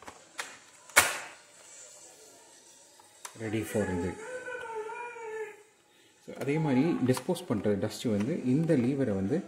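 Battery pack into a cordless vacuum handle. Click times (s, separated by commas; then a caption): 1.0 s. A removable battery pack is fitted into the handle of a Dyson V15 cordless vacuum, sliding in easily, and a loud plastic click at 1.0 s shows it has seated. After a short quiet pause, someone talks.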